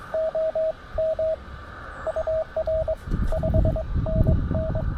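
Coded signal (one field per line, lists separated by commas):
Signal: Morse code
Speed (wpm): 21 wpm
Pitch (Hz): 630 Hz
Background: radio noise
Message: OM UR 5NN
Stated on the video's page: QRP park activation at 400 milliwatts reaching England, Elecraft K2, homebrew end-fed half-wave, bug emulator.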